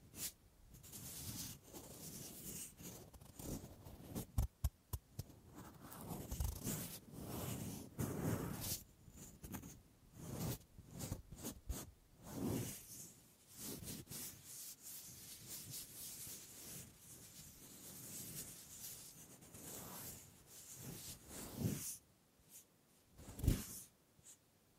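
Wooden triggers tap, scratch and rustle in a busy, uneven flow, with sharp clicks near five and twenty-three seconds and brief pauses between.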